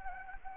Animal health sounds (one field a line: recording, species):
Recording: mosquito wingbeat signal from an infrared sensor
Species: Anopheles gambiae